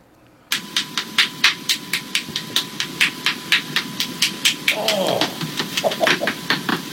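A rapid series of sharp joint cracks, about three pops per second, from a 23-year-old man in Sweden cracking 46 different joints in a row (fingers, neck, toes, back), with the pops condensed into 12 seconds.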